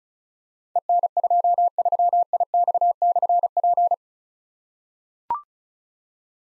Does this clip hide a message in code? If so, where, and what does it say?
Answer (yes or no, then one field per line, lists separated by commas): yes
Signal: Morse code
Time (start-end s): 0.8-3.9 s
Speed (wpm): 36 wpm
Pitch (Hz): 700 Hz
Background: none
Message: EN23IX/P